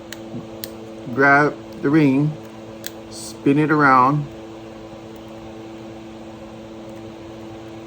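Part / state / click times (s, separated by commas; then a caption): single inline hook on split ring of fishing lure / not seated / none. Split-ring pliers spin a steel split ring around to thread a single inline hook onto a fishing lure, producing brief sharp ticks near 0.1, 0.6 and 2.9 s over a steady background hum while someone talks. Nothing has seated or clicked yet; the ring has not snapped closed on the hook eye.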